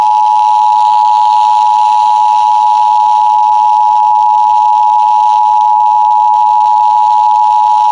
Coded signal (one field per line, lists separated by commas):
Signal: Emergency Alert System (SAME) tones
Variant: 853 and 960 Hz attention tone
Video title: Severe Thunderstorm Warning on WQSM-FM (EAS #1120)